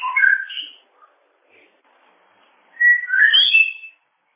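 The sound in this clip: Bird song in two whistled bursts, one at the start and a longer one near the end, separated by a quiet gap.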